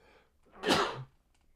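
A single sharp, forceful adult sneeze lasting about half a second, indoors with quiet room noise around it.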